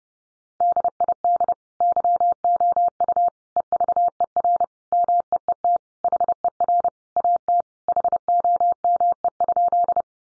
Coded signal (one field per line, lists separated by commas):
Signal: Morse code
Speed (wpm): 28 wpm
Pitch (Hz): 700 Hz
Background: none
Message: DID YOU EVER MEET HER AT HOME?